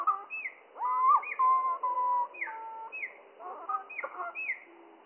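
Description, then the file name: Spotted flycatcher song, drawn out: repeated falling swoop notes, with held steady tones and warbling glides between them. Slowed down three octaves, mono. "GOBE MOUCHE GRIS MOINS TROIS OCTAVES MONO"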